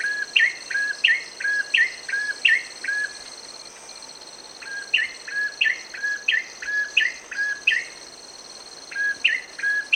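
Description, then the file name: Ashy tailorbird sings bursts of sharp, rising two-part notes in rapid repetition, broken by short pauses, over a continuous high insect drone. "cinenen merah david edwards"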